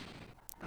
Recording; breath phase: one breath near a microphone; inhalation